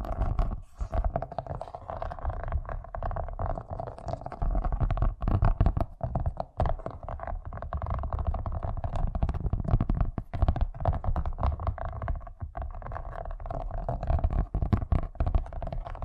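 Fast tapping runs for the whole stretch, a dense, rapid patter of small hits with no real pauses. Under the taps sits a heavy, rumbling low layer and a steady midrange hum. Occasional sharper, louder taps stand out, especially in the second half.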